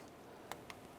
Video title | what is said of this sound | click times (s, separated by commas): How to Replace Front ABS Wheel Speed Sensor 2009-2015 Honda Pilot | press it in until you feel it and hear it click. | 0.5 s, 0.7 s